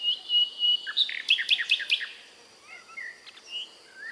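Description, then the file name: Common nightingale song: a few whistled notes, then a quick burst of sharp repeated clicks, followed by softer slurred phrases. "British Library - European Nightingale(Luscinia megarhynchos)"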